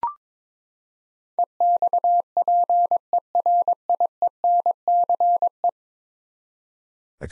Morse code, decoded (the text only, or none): EXPERIENCE